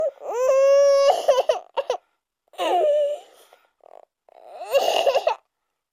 Baby Crying.